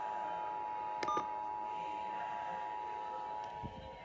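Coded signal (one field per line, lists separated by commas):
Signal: Emergency Alert System (SAME) tones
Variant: 853 and 960 Hz attention tone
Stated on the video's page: Real Pennsylvania required monthly test received on multiple FM and AM broadcast stations, including 1280 and 1320 kHz AM.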